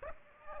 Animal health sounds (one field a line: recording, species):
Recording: mosquito wingbeat signal from an infrared sensor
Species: Aedes aegypti